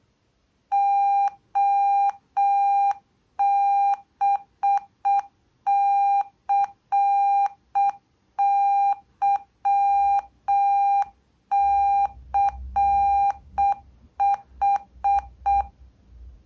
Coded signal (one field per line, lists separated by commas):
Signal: Morse code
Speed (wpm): 6 wpm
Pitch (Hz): 800 Hz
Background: none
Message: OBCYCH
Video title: Ważna wiadomość alfabetem Morse'a